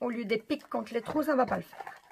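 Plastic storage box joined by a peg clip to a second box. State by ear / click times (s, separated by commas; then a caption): not seated / none. Someone talks while handling a plastic diamond-painting storage box that joins to a second box with a peg clip, after first holding it the wrong way round, holes against holes instead of pegs against holes. Nothing has seated or clicked yet.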